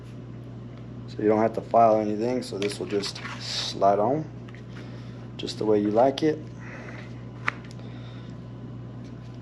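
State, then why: Seated. Someone talks while a grip or throttle-tube piece is slid onto a non-knurled, oversized 1 1/8 in dirt bike handlebar, which needs no filing, and pushed home over a steady low hum. A single sharp snap at 7.5 s marks the piece seating into place.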